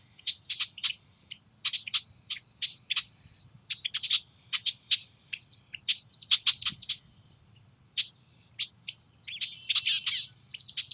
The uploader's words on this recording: Morning song of the Red-Winged Blackbirds. The Red-Winged Blackbirds are nesting in the cattails near my house, so this morning, I sat and listened/recorded. They didn’t like the microphone, so I tried to hold it low to the ground where it would be less intrusive. With a Rode NTG-2 shotgun mic with a Rycote dead cat on a boom pole. Recorded on a Zoom H4N recorder.